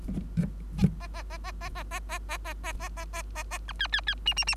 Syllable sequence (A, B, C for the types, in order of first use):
A A A A A A A A A A A A A A A A A B C C C D D D